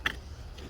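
A fuel injector with lubricated O-rings is lined up on its guide lines and pushed into its bore in the fuel rail/intake on a 2008 Dodge Ram 1500 pickup truck engine. A sharp, bright click at 0.1 s marks the injector popping into place, followed by a fainter tick near 0.6 s over a low steady hum. The injector is seated.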